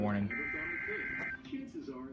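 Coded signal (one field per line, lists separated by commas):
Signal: Emergency Alert System (SAME) tones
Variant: header bursts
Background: speech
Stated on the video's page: Tornado Warning received from a NOAA weather radio station.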